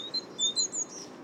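Great tit song: a few high, thin see-saw notes in quick succession, with a faint hiss behind.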